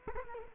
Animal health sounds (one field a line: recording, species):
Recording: mosquito wingbeat signal from an infrared sensor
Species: Culex quinquefasciatus